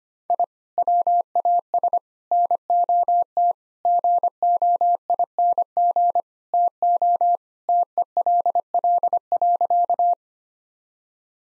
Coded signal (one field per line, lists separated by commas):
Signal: Morse code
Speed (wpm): 25 wpm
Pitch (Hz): 700 Hz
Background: none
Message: I WAS NOT GOING TO TELL.